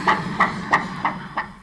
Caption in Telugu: బేబీ హార్ట్ బీట్ మేడం. ఇది మీ బేబీ హార్ట్ బీటే. ఇప్పుడు బేబీ హెల్దీగానే ఉన్నట్ట మేడం. 9 వీక్స్ కనపడుతుంది. 9 వారాలు అంటే 3వ నెలలో ఎంట్రీ అయినట్టు.